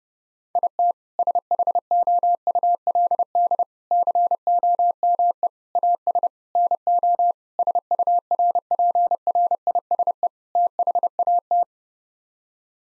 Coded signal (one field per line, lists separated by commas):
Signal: Morse code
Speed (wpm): 30 wpm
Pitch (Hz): 700 Hz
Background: none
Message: IT SHOULD COME AS NO SURPRISE THAT